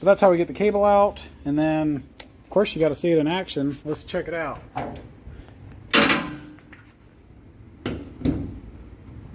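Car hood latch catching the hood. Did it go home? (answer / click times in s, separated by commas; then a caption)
no / none. Someone talks while handling a car hood and its latch, which is operated by a new release cable. A broad rustling burst comes near 6 s, followed by a few sharp knocks around 7.9 and 8.3 s. The hood has not yet latched, and nothing has clicked or seated by the end of the clip.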